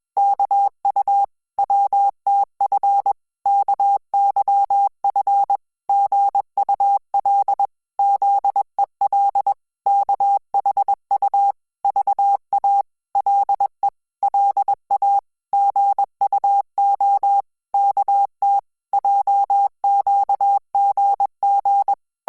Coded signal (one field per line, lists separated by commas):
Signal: Morse code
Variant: Korean alphabet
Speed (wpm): 21 wpm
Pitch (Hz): 800 Hz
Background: none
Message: 이 번 엔 식 탁 위 로 가 고 싶 어 했